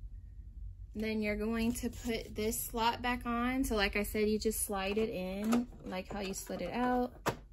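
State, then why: Not seated. Someone talks while a plastic slot cover is handled and slid back into the body of an Epson EcoTank printer, the same way it was slid out, during ink pad servicing. Nothing has seated or clicked yet; the clip ends before the cover goes home.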